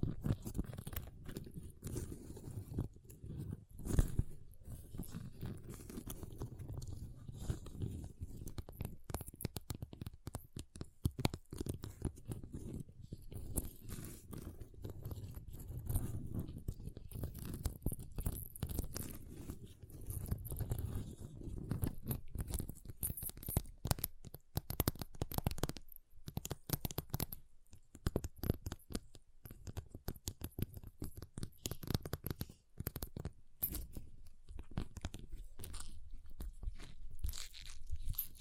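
Ice being tapped, scratched and carved, with dense, irregular crunching and scraping strokes running through the whole stretch. Sharp clicks and taps punctuate a low, rough grinding texture, growing busier and crisper after about twenty seconds, with brief pauses near 26 seconds.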